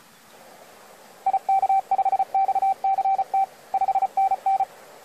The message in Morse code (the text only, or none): IK5XCT 5NN